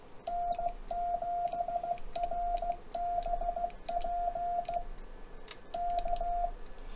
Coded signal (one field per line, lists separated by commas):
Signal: Morse code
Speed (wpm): 16 wpm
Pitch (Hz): 700 Hz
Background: radio noise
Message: N7RBP K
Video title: WHAT IS AMATEUR RADIO ALL ABOUT?